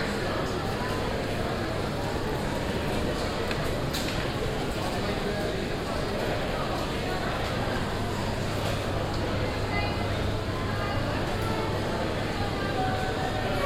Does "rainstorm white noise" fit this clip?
no